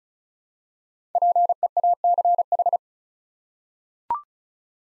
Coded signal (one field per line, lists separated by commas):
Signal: Morse code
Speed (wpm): 34 wpm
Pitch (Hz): 700 Hz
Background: none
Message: PEACH